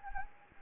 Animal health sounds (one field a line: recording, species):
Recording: mosquito wingbeat signal from an infrared sensor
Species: Anopheles gambiae